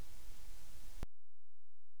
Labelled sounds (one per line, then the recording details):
near silence
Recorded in the Arctic National Wildlife Refuge, Alaska, on 3 August 2019
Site 33